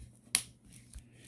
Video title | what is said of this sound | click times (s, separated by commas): Miele Art S930 airflow test | and it snaps into place, which is kind of an awkward angle to use it at, I think. | 0.3 s